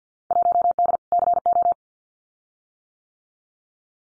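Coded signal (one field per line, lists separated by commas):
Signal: Morse code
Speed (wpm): 50 wpm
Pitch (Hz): 700 Hz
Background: none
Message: 1D CO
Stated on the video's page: Morse practice of Field Day exchanges at 50 wpm, each exchange sent twice.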